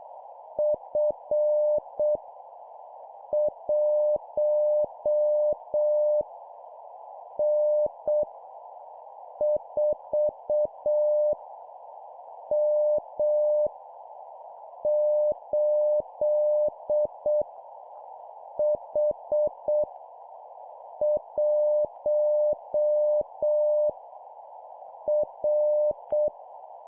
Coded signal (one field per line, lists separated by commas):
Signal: Morse code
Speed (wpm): 7 wpm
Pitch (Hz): 600 Hz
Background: none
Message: F 1 N 4 M 8 H 1 R